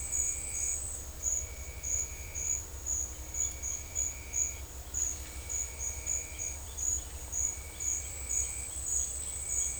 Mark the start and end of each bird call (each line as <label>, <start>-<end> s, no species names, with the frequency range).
bird call (2.7-3.7 kHz), 6.29-7.05 s